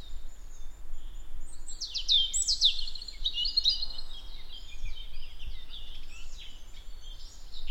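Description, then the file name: European robin sounding a short, bright cascade of high notes, then quieter scattered twitters, with rumbling low noise underneath. "Erithacus rubecula"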